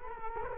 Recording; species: mosquito wingbeat signal from an infrared sensor; Culex quinquefasciatus